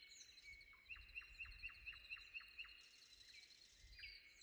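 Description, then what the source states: Common nightingale delivering a run of about eight evenly spaced, whistled down-slurred notes, then softer notes, with a steady high hum and low rumble behind. Recorded before dawn.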